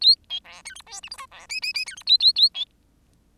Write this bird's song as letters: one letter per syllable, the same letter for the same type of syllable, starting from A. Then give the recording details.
A B C D E F G H I C J J J D E A A A B. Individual Bird10